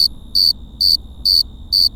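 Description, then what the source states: Cricket chirping, short pulsed high-pitched chirps repeated about every half second, five in two seconds, with a steady faint high tone and low background hum. Crickets at Cerro Gordo, León, Guanajuato, Mexico, 18 April 2019, 9:19 p.m.; recorded close to some crickets with a Tascam DR-05X's built-in microphones and WS-11 windshield.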